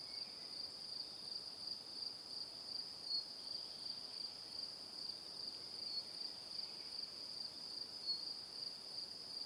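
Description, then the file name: Cricket chirping as a constant, thin high trill that holds an even pitch throughout, with faint hiss beneath. "Calm - Evening Crickets"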